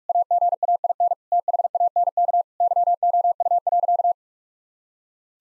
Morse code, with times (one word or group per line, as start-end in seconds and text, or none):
0.1-1.1 AGAIN
1.3-2.4 THANK
2.6-4.1 YOU.